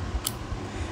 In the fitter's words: it here push it inside you see and press it you will hear a click